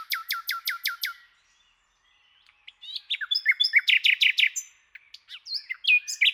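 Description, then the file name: Common nightingale song opening with six loud, evenly spaced notes, then a pause before a jumbled phrase of chirps, whistles and quick repeated notes. "Luscinia megarhynchos"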